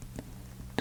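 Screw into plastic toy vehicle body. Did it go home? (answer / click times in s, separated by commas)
yes / 0.8 s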